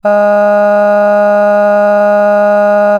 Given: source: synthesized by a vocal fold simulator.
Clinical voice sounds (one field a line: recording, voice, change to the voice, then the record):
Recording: sustained vowel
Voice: female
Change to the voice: cycle-to-cycle stiffness perturbation (roughness), level 2 of 10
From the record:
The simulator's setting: 0.96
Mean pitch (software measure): 206 Hz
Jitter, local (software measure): 0.50%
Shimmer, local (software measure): 3.8%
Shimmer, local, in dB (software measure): 0.33 dB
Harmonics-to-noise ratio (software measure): 25.1 dB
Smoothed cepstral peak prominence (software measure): 18.3 dB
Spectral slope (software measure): -21.9 dB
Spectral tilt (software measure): -9.5 dB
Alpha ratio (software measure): -12.4 dB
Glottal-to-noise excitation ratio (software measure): 0.974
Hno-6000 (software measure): 2.4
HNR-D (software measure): 39.7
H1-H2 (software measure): 8.4 dB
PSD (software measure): 2.7e-05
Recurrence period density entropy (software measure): 0.128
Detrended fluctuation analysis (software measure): 0.0275